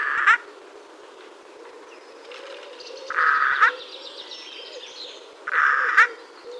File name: Garrulus glandarius